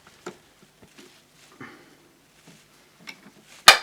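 After several failed tries, the push-fit connector of the dust bag for a Hoover F3871 suction polisher is pushed at the polisher's rectangular outlet opening, with faint scrapes and small knocks. It finally snaps in with one loud, sharp click at 3.7 s, and the dust bag fitting is seated.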